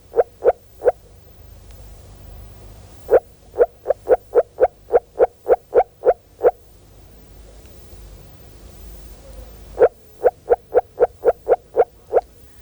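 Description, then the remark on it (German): A moor frog in water at 12 °C gives bursts of short, evenly spaced calls, each series a quick run of sharp pulses separated by brief pauses, heard alone over a faint background hiss. “Und bei 12 Grad Wassertemperatur bringt unser Frosch nur noch ganz kurzgereihte Rufe.”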